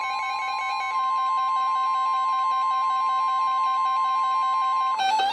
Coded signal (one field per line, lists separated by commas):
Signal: Emergency Alert System (SAME) tones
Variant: 1050 Hz attention tone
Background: music